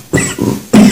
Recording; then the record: coughing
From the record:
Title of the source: Mid-morning Winter Coughing Fit